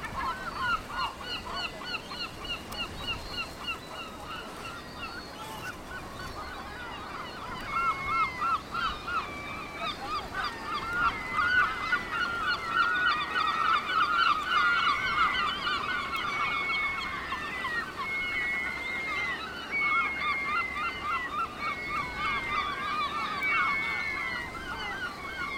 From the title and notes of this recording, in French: Oiseaux marins au Cap Fréhel. Jour de vent au Cap Fréhel mais en existe-t-il sans? Deux îlots à l'est du cap, abritent une colonie de guillemots et pingouins, des huîtriers pies, des cormorans huppés, des mouettes tridactyles, des goélands marins et des goélands bruns. Et tout ce beau monde piaille sans discontinuer. Son mono.